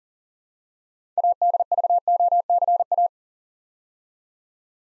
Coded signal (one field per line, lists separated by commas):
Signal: Morse code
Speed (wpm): 39 wpm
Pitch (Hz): 700 Hz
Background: none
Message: ADVOCA